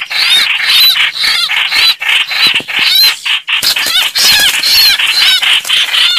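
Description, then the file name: Red-whiskered bulbul giving distress calls: grating, noisy chatter with bright bending whistles, a short gap near the middle, then more intense calling. Distress call (crying for help). "Tieng trao trao keu cuu"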